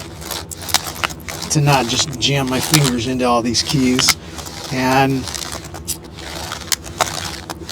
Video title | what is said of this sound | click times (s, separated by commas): Keyboard Replacement 3110 Series Chromebook | just pop that into place you'll get them all popped in there you'll be able to tell uh when they're nice and | 6.7 s, 7.0 s, 7.5 s